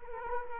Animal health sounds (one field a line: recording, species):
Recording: mosquito wingbeat signal from an infrared sensor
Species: Culex quinquefasciatus